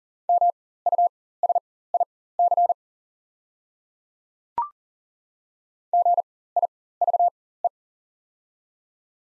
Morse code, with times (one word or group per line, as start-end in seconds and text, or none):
0.3-2.7 MUSIC
5.9-7.7 GIVE